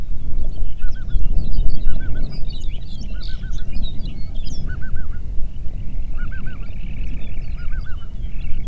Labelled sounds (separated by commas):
songbird, waterfowl, wind